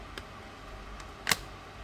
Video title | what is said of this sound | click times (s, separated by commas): Case: DBrand Carnage Case iPhone 17 Pro | Okay, that was a satisfying snap. | 1.3 s